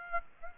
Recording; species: mosquito wingbeat signal from an infrared sensor; Aedes aegypti